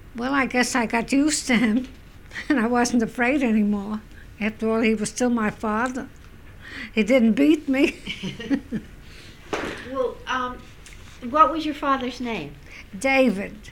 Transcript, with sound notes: Well, I guess I got used to him and I wasn't afraid any more. After all, he was still my father. He didn't beat me. ( they laugh )
Well, what was your father's name?
David.